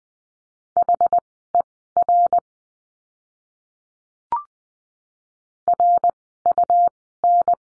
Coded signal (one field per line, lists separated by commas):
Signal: Morse code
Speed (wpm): 20 wpm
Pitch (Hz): 700 Hz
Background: none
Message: HER RUN